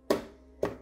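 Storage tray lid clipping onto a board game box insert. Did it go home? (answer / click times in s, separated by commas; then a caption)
no / none. A storage tray lid, a plastic or cardboard piece of a board game box insert, is pressed into place while components are put away, making two sharp, hollow taps at about 0.1 s and 0.6 s. Nothing has seated or clicked yet; the clip ends just before the lid goes home.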